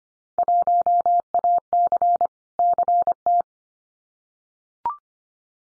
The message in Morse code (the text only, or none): 1AC CT